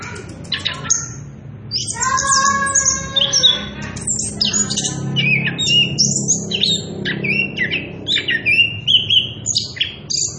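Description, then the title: Orange-headed thrush singing a dense, rambling song of rich harmonic notes, rapid high chatters, whistled slurs and trills in quick succession. Actively singing bird giving a continuous rolling song at strong volume, offered as a lure song and as a tutor recording for young birds (trotolan). "Anis Kembang Gacor. pancingan anis kembang ngerol edan volume dasyattt cocok buat masteran trotolan"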